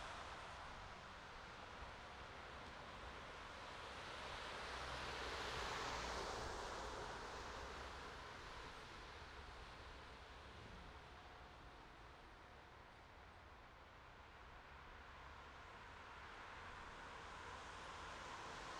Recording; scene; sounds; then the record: everyday scene through a hearing-aid microphone; in traffic; traffic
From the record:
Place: bus stop on a city main road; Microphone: in the ear canal, right